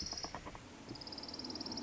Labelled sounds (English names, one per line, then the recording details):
Orange-crowned Warbler
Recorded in Sonoma County, California